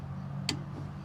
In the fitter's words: see there it is it's the clicky